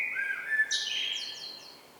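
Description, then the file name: Common blackbird song phrase, fluty whistled notes ending in a thin, high, repeated twitter. "Turdus merula"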